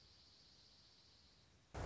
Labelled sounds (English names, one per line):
Dark-eyed Junco